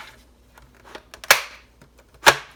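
A plastic part that had not gone all the way into a slot on a toy jet is pushed in. After a few faint clicks, a sharp snap at 1.3 s marks the part seating fully. A second loud sharp sound follows at about 2.3 s.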